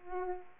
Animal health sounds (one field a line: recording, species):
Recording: mosquito wingbeat signal from an infrared sensor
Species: Aedes aegypti